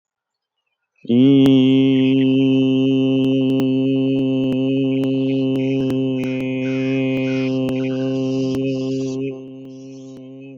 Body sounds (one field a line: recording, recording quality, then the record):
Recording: sustained vowel as in beet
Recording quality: excellent, no background noise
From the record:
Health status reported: healthy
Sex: male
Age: 36 years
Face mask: not worn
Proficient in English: yes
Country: United States